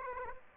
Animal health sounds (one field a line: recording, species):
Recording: mosquito wingbeat signal from an infrared sensor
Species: Aedes aegypti